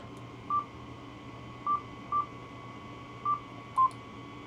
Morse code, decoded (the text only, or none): none